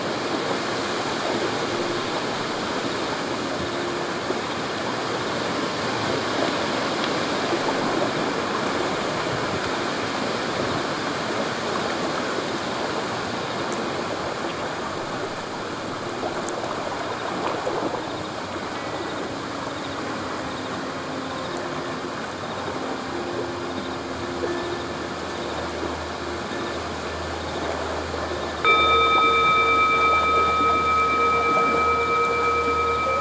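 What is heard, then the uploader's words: River water runs steadily throughout, a dense, even rush filling the mids and highs with little change. Faint held tones drift softly underneath in the first half. Near 29 seconds a sustained flute note enters, louder, with a low hum alongside it. Immerse yourself in the calming sounds of gently flowing river water.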